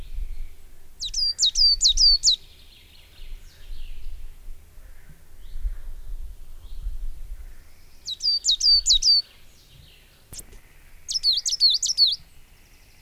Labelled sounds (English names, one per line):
Coal Tit